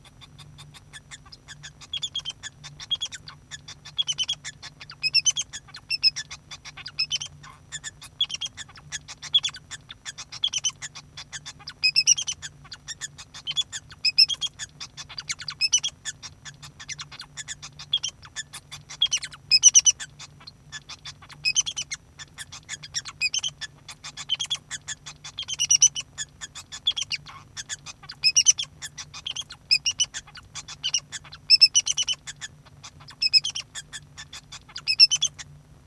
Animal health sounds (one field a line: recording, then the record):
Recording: song of a male Bengalese finch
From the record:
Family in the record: son of father 2